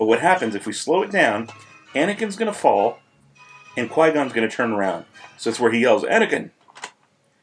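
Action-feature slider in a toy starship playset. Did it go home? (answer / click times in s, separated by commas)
yes / 6.7 s, 6.8 s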